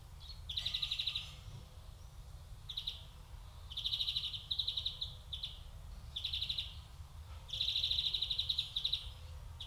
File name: Chloris chloris